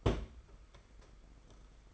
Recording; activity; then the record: daily activity, microphone in the room; place on stove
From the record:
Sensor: 5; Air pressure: 991.2 hPa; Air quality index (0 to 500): 91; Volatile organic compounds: 11 ppm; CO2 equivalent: 2298 ppm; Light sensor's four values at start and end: 33/103/40/42 and 33/103/40/42